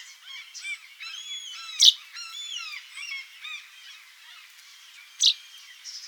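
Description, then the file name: Common chaffinch calls: two sharp, loud bursts about three seconds apart over a dense, continuous chatter of calls. "Fringilla coelebs"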